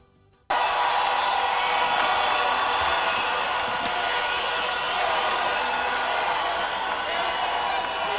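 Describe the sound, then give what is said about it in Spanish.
A large crowd roars and chants "Petro, Petro" to receive candidate Gustavo Petro of the Pacto Histórico at his campaign-closing rally in the Plaza de Bolívar, Bogotá, a dense, steady wall of many voices that bursts in after a brief quiet moment and stays loud throughout. “Al grito de Petro, Petro, recibieron al candidato del pacto histórico en la Plaza de Bolívar.”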